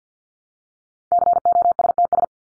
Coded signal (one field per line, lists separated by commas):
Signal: Morse code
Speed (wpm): 50 wpm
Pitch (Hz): 700 Hz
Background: none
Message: COSTS